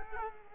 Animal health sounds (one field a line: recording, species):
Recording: mosquito wingbeat signal from an infrared sensor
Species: Culex quinquefasciatus